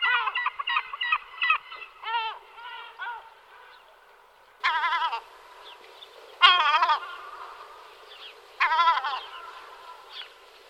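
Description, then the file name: European herring gull calls: a rapid series of short barking notes, then three separate loud, quavering yelps spaced about two seconds apart. "racek-stříbřitý"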